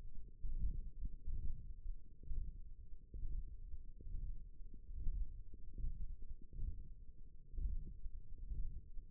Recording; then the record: forearm muscle sounds (acoustic myography)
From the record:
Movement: radial deviation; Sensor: system 1, eight BSWA MPA416 microphones around the upper forearm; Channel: 4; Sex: male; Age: 23 years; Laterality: right